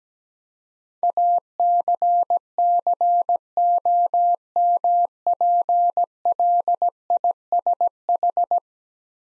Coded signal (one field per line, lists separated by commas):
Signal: Morse code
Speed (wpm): 17 wpm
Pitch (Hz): 700 Hz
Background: none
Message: ACCOMPLISH